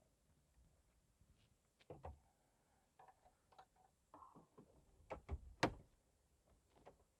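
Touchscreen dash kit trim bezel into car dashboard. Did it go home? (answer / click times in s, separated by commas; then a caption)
yes / 5.6 s. During a test fit, a Scosche touchscreen dash kit trim bezel for a Sony stereo is pressed into the dashboard opening of a 2010 Camaro SS. Soft rubbing and handling knocks around 2 s and 4–5.3 s lead up to a loud, sharp snap at 5.6 s, followed by a few faint taps. The bezel snaps and seats into place.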